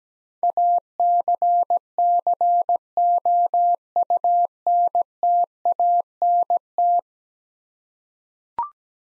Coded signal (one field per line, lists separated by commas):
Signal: Morse code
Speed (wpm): 17 wpm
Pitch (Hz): 700 Hz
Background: none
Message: ACCOUNTANT